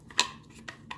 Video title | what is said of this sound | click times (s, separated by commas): How To Clean Your Essential Oil Diffuser - Quick and Easy! | top portion here and it snaps right in that's all it is so | 0.2 s